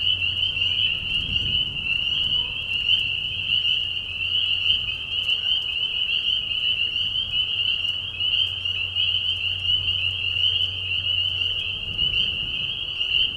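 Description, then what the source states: Spring peeper chorus of high whistled notes forming a continuous piercing drone, with a low hum and a couple of soft low rumbles. Several spring peepers giving mating calls in a marsh at night during a very short spring season, Tiny Marsh Conservation Area, Tiny, Ontario, Canada; high whistles at low volume.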